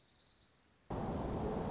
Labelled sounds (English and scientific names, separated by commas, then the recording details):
Orange-crowned Warbler (Leiothlypis celata)
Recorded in Sonoma County, California